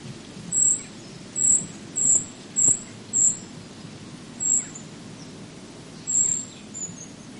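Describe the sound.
Eurasian treecreeper giving very high, thin notes in an irregular series of several over a few seconds.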